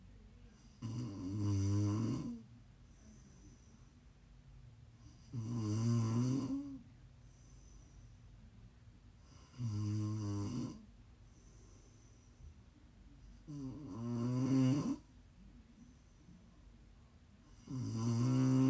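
Five loud, low, rattling snores come with each inhalation, roughly 15 breaths a minute, separated by quiet exhalations. Each snore has a fluttering, buzzy vibration, typical of ordinary heavy snoring during sleep.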